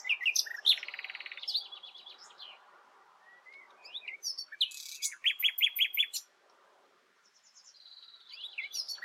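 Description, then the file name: Common nightingale song in varied phrases: a buzzy rattle, quick chirps, a short burst of repeated notes, a pause, then more whistled phrases. "Luscinia megarhynchos"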